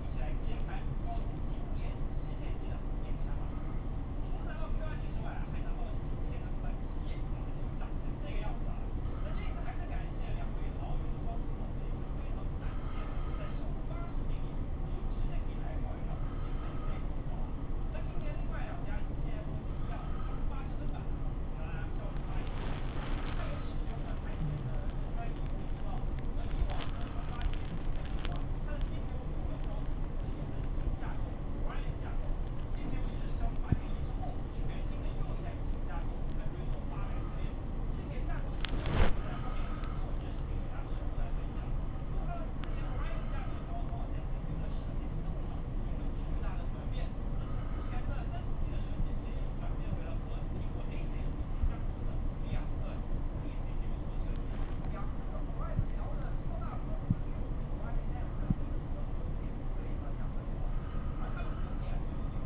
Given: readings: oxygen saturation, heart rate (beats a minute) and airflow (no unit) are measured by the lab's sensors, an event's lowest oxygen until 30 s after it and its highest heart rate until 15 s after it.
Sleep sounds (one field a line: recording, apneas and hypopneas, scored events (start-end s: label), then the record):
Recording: a person awake in a sleep study, by a smartphone at the bedside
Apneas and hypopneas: none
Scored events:
0.00-62.46 s: awake
From the record:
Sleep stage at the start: awake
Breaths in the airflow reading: 23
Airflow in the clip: -0.6 to 0.7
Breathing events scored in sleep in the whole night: 403 in 5.5 hours asleep